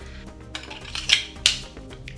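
A retractable metal training sword for tai chi is pushed down and collapsed, and its blade segments lock into the handle. Metallic clinks come at 0.6 s and around 1.0–1.1 s, over a soft steady background. A sharp click at 1.5 s marks the sword locking into place.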